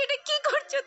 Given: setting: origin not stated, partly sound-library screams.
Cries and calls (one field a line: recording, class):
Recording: one-second piece from a danger detection set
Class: woman in danger